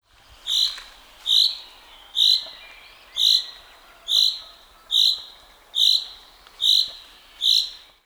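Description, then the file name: Common chaffinch calls: a short, sharp, ringing note repeated nine times at an even pace, about once per second, over a faint hiss. "Fringilla coelebs"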